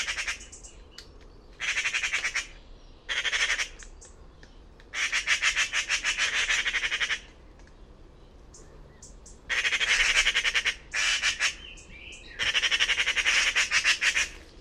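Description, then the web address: A bird repeats grating, rapidly pulsed squawks in bursts of varying length, separated by short pauses. "Bird Only More Classes Pi Pi Pi Pi"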